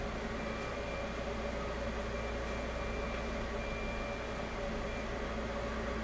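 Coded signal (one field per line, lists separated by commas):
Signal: FT8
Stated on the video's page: Live 6 m FT8 amateur radio stream.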